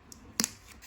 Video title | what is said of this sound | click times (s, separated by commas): HOW TO BLOCK MOULD INSIDE A WALL CAVITY | You can hear it clicking through the back. | 0.4 s